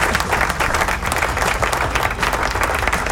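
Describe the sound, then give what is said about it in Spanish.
Steady, dense applause from a crowd, many hands clapping continuously at an even loudness for a few seconds with no talking. “¡Aplausos!”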